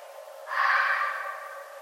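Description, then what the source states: Red fox making a single rough, breathy scream-like call that decays gradually, set against a continuous low humming tone. Recorded 11 November 2011.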